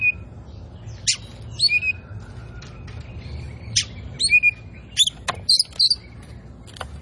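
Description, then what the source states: Oriental magpie-robin singing scattered whistles and sharp clicks with short harsh notes. Kacer poci; gacor, singing vigorously and constantly.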